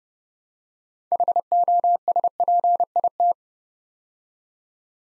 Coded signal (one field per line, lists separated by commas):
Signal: Morse code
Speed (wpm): 30 wpm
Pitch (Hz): 700 Hz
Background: none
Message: HOSPIT